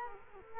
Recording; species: mosquito wingbeat signal from an infrared sensor; Culex quinquefasciatus